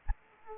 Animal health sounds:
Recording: mosquito wingbeat signal from an infrared sensor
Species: Anopheles arabiensis

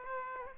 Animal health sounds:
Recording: mosquito wingbeat signal from an infrared sensor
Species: Aedes aegypti

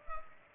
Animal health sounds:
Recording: mosquito wingbeat signal from an infrared sensor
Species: Culex pipiens

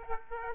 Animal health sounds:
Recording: mosquito wingbeat signal from an infrared sensor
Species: Aedes aegypti

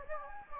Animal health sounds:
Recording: mosquito wingbeat signal from an infrared sensor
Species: Anopheles gambiae

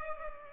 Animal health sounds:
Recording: mosquito wingbeat signal from an infrared sensor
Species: Culex pipiens

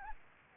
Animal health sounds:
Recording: mosquito wingbeat signal from an infrared sensor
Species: Anopheles gambiae

